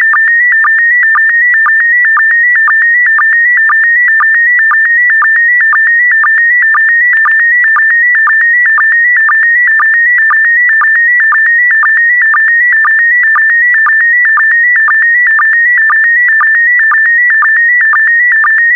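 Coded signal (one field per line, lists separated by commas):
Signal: SSTV (slow-scan television)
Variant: PD120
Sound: warbling high tone shifting pitch, with short low chirps about twice a second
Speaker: Get ready. Starting transmission in 5, 4, 3, 2, 1. Transmission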